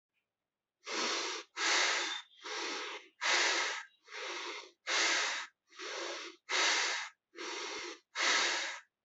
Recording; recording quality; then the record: shallow breathing; excellent, no background noise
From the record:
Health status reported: healthy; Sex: male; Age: 23 years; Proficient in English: yes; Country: India